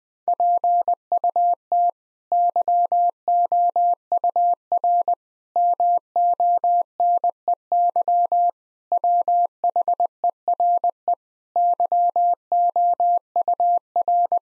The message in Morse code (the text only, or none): PUT YOUR MONEY WHERE YOUR